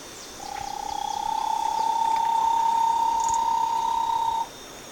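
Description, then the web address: Bahia tapaculo giving a steady, rapid, low-pitched trill that runs for about four seconds on a nearly even pitch, with faint background hiss. "Bahia tapaculo. صدای-پرنده-تپلک-باهیا"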